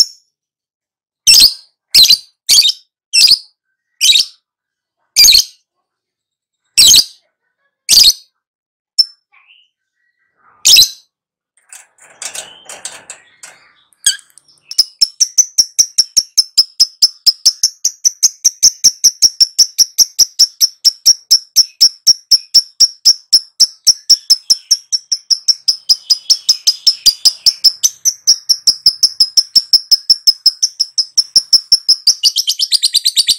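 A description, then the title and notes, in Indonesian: Lovebird calls open with a string of sharp, bright chirps spaced about a second apart, then a short quieter pause with soft scattered twitters. From around fifteen seconds a rapid, steady stream of high, buzzy chirps runs without a break to the end. Pancingan Lovebird.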